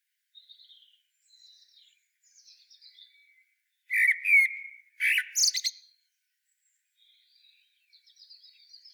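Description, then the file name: Common blackbird song: soft scattered high notes, then a loud fluty phrase with a twittering flourish, and more quiet high warbling afterward. "Turdus merula"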